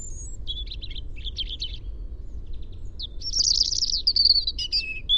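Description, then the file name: European robin singing a run of rapid high twittering notes, then a denser shimmering trilled phrase with fast pitch jumps; faint low background rumble throughout. "Erithacus rubecula"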